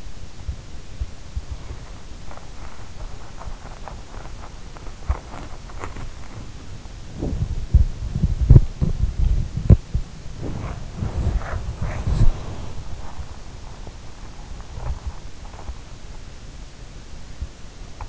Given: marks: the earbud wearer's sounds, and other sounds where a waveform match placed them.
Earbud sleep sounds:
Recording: sounds in sleep by an in-ear microphone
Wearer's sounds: body movement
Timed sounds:
0.00-18.09 s: body movement

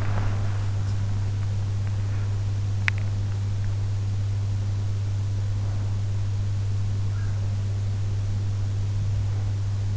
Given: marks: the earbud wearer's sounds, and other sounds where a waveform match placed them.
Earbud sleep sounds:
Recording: sounds in sleep by an in-ear microphone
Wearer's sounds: body movement, teeth grinding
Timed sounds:
0.00-0.48 s: body movement
2.78-2.99 s: teeth grinding

